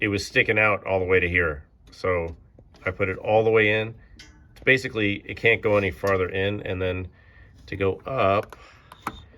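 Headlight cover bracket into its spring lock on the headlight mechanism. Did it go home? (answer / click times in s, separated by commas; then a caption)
no / none. Someone talks while handling the headlight door mechanism on a C3 car, pushing it in all the way so it can't go any farther and then starting to raise it. The metal headlight cover bracket is headed for its spring lock on the headlight mechanism, but nothing has seated or clicked yet by the end of the clip.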